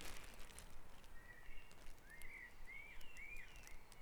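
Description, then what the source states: Bird song: a few short whistled notes, each bending up then down, over a noisy low rumble. Dawn chorus at Back Dragon Avenue, Harrogate, part of a sound map of Harrogate.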